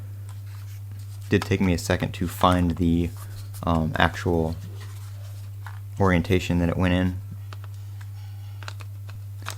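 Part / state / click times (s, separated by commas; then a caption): interchangeable lens onto camera body mount / seated / 9.5 s. A Canon EOS M50 interchangeable lens is lined up with the grooves on the mirrorless camera's bayonet mount and twisted until it locks while someone talks. Small handling ticks follow the speech, and at 9.5 s a sharp click is heard as the lens snaps home and seats on the body mount.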